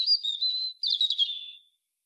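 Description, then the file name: European robin song, two quick high warbled phrases of thin whistles and trills, the second more jumbled, against a silent background. "Erithacus rubecula"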